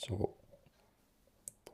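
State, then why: Seated. A medium silicone ear tip is pushed onto the sound nozzle of a Whizzer HE01+ in-ear earphone until it locks over the lip, while someone talks briefly at the start. Two sharp clicks are heard at 1.5 s and 1.7 s as the tip snaps into place. It seats firmly and is hard to pull off.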